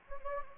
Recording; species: mosquito wingbeat signal from an infrared sensor; Anopheles gambiae